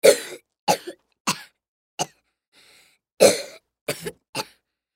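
Seven short, harsh cough bursts come in quick succession over five seconds, some with a double push, plus one faint breath between them. A seven-year-old boy's sick-sounding cough with sick breathing, a sound effect.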